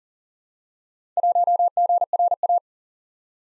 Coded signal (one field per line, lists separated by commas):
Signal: Morse code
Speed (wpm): 39 wpm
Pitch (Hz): 700 Hz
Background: none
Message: 1GRA